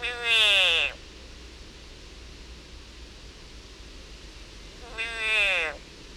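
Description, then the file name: Frog giving two harsh, nasal screams about five seconds apart, each near a second long and full of overtones, with soft hiss between them. Frog in agony. "agony of a frog"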